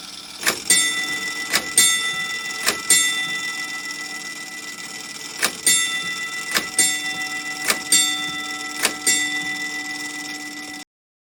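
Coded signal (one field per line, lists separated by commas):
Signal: coded fire alarm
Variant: Gamewell fire alarm telegraph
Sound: about eight ringing gong strikes, roughly a second apart, with one longer pause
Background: faint mechanical clicking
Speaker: The box would have then sent the specific code 345 to the alarm office. This would activate the fire patrol. As you can see in the video, the register would punch 3 times, pausing, punch 4 times, pausing, and punch 5 times. This would repeat 3 more rounds after the first round. The gong will repeat the same process. 3 strikes, pause, 4 strikes, pause, and 5 strikes. Now enough of the history. Let's get to the fun stuff.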